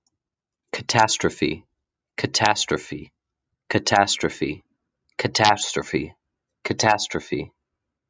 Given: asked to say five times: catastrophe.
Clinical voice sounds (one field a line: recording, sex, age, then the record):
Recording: repeated word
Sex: male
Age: 30 to 39 years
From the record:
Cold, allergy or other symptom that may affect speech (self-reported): no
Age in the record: 31 years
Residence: Texas, United States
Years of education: 25